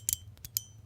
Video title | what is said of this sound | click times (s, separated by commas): The Dorayaki Haptic Coin by Sao EDC Holds a Surprising Little Fidget Feature | And now, yes, that bottom track is locked into place so that I just have a | 0.6 s